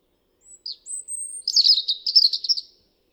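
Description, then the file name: European robin song opening with thin, high drawn-out whistles before breaking into a fast, liquid, trilling twitter. "Erithacus rubecula"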